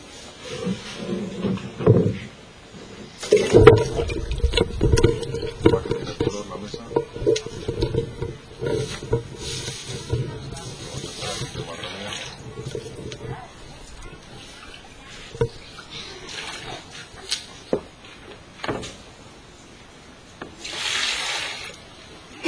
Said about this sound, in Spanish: lo que vamos a hacer es añadirle agua y con unos pozales decantando la semilla que pesa más